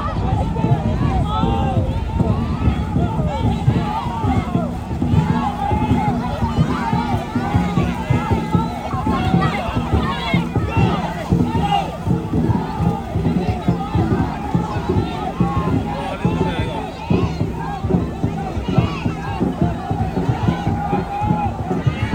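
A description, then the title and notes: At a dragon boat race festival, a dense crowd chatters and calls out continuously, voices overlapping with steady low rumble and frequent sharp knocks. Dragon Boat Race Festival in Tuen Mun Hong Kong.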